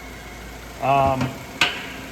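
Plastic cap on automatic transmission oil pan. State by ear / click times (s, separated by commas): seated / 1.6 s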